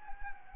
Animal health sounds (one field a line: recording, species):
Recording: mosquito wingbeat signal from an infrared sensor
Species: Anopheles gambiae